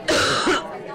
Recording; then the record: coughing mixed with background sound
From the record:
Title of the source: female coughing - coughing sound effects girl